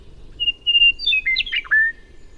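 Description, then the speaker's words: Western meadowlark song: a long, clear whistled note followed by a quick tumble of flute-like, descending gurgling phrases. Western meadowlark singing in Montana. "In Montana, the western meadowlark says it all."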